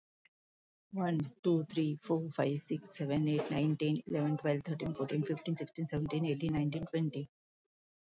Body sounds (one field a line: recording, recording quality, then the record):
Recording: counting at a fast pace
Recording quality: excellent, no background noise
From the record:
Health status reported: healthy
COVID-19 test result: negative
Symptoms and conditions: none ticked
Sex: female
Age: 53 years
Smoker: not ticked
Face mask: worn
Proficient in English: yes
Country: India